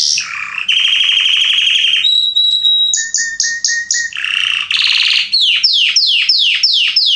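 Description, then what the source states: Belgian canary song, a loud rapid run of trills and rolls: buzzy rattles, a steady whistled tone, then repeated downslurred notes in quick succession. Male Belgian canary singing very strongly; used for training and warming up young birds.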